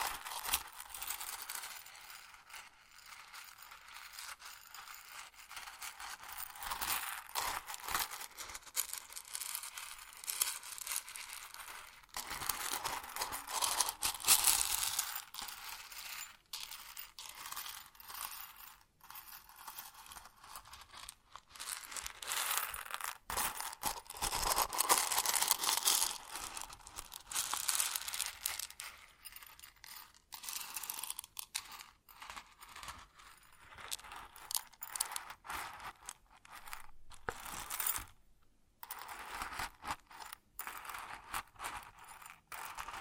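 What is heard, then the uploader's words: Grain sounds: a dense, continuous rustle and patter of many small grains, bright and hissy with almost nothing in the low end. The texture flickers rapidly and unevenly, swelling and thinning in waves, with brief near-silent gaps around 25 and 38 seconds. ASMR Grain Sounds (No Talking).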